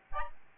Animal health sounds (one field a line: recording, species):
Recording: mosquito wingbeat signal from an infrared sensor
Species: Aedes albopictus